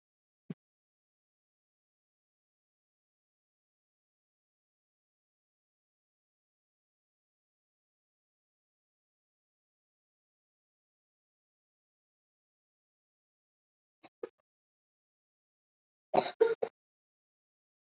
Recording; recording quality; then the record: deep breathing; poor, much background noise or distortion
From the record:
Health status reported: COVID-19 positive, moderate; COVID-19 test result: positive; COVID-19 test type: RT-PCR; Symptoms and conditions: cold, fever, fatigue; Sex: male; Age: 25 years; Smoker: no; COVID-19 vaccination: both doses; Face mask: worn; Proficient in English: no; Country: India